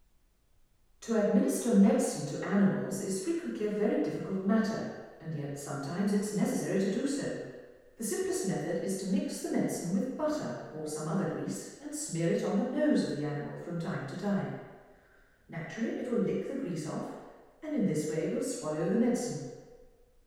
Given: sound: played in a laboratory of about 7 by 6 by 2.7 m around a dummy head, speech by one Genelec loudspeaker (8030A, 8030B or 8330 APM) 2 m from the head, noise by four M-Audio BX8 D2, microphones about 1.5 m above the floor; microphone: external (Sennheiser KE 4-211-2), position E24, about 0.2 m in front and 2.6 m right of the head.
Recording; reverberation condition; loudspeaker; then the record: female speech in English; high; 90 degrees to the left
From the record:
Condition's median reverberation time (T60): about 1300 ms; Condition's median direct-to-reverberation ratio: about -4.0 dB